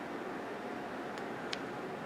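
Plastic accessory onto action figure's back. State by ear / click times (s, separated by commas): not seated / none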